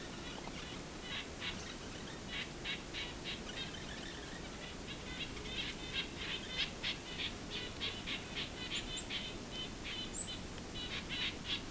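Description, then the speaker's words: Nuthatch giving quick, somewhat uneven series of soft notes, with a few thin high chips. Nuthatches unhappy about something and making quite a racket, near Lion's Head, Bruce Peninsula, the day after a Christmas Bird Count. "Nuthatches are making quite a racket."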